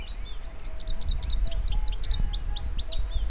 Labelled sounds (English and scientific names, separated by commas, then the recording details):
Rufous-capped Warbler (Basileuterus rufifrons) song
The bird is a male
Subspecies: rufifrons
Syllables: 27
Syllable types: 9
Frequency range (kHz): 2.5-7.5 kHz
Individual UJ-R12-M